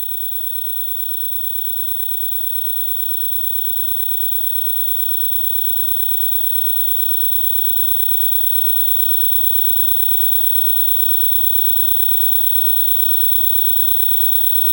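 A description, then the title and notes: High sine tones blended together, producing a steady shimmering, fluttering beat as close pitches rub against each other. A bright tone dominates, with a thinner, higher one above it, holding constant throughout while the level creeps slightly louder over the fifteen seconds. High Prime Sines Fluttering. Excerpt from audio tests for the installation "This Is For You ohrenhoch Berlin". Sine tones blended to create shifting beating frequencies - the shimmering effect that occurs when two or more tones of close frequency are sounded together.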